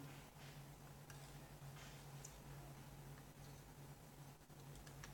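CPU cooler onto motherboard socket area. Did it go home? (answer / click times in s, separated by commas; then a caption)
no / none. A CPU cooler for a 775 socket is lined up over the socket area on a motherboard, its pins aligned under light pressure. Only faint ticks are heard against a steady low hum, near 1.1, 2.3 and 5.0 seconds. Nothing has seated or clicked yet.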